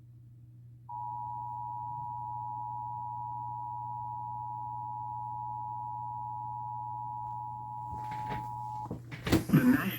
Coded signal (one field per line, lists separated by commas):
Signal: Emergency Alert System (SAME) tones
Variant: 853 and 960 Hz attention tone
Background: speech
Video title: (EAS #78) Severe thunderstorm warning on WRBJ 12/29/2021